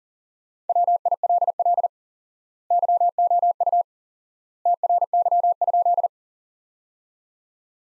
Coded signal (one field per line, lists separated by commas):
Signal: Morse code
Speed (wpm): 40 wpm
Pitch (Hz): 700 Hz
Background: none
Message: WILL YOU TRY?